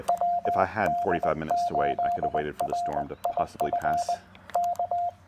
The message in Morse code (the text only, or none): WD8RIF K